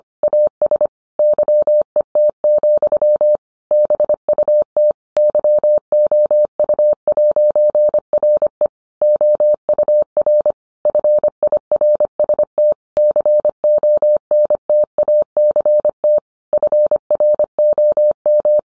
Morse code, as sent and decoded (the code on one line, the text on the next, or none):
.- ... / -.-- . - --..-- / -... ..- - / -.-- --- ..- .----. .-. . / --- ..- .-. / ..-. .. .-. ... - / -.-. --- -. - .- -.-. - / ..-. .-. --- --
AS YET, BUT YOU'RE OUR FIRST CONTACT FROM